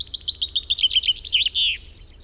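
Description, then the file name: Common chaffinch singing one quick descending phrase of sharp repeated notes, finishing with a drawn-out terminal flourish. "Fringilla coelebs"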